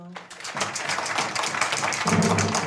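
An audience applauds, a dense, steady wash of many hands clapping for a few seconds, with a faint low hum underneath at the start and end.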